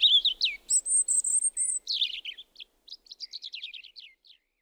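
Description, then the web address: European robin song, rather quiet: a thin, very high sustained whistle among scratchy notes, ending in a soft trickle of descending twitters. "liigid plaat punarind"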